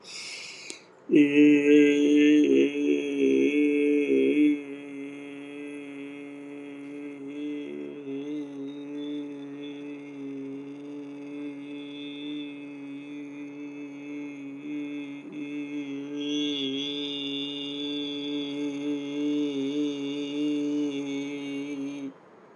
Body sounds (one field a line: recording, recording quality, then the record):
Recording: sustained vowel as in made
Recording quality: excellent, no background noise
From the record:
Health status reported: healthy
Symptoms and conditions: hypertension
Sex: male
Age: 52 years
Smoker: not ticked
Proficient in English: yes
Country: India